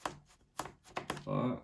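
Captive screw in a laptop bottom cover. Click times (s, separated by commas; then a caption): 0.1 s, 0.6 s, 1.0 s, 1.1 s. Captive screws in the bottom cover of a laptop are undone until they spin freely, and the loosened screws give small, sharp clicks at 0.1, 0.6, 1.0 and 1.1 seconds. Someone talks briefly at the end, and the screws are released.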